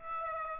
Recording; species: mosquito wingbeat signal from an infrared sensor; Aedes aegypti